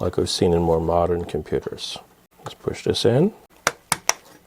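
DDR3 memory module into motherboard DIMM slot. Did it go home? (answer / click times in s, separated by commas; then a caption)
yes / 4.1 s. Someone talks, then a DDR3 RAM module is pushed down into an open DIMM memory slot on a refurbished desktop PC's motherboard. Short, sharp clicks sound at 3.7 s and 3.9 s, and the side latches snap shut with a final click at 4.1 s, leaving the module seated in place.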